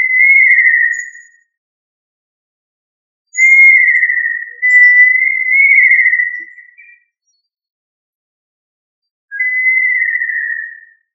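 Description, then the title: Tinamou giving clear, sustained whistles that sag slightly in pitch: one, then three run together, then one more after a pause. "Familia Tinamidae - Quail - Puyuh"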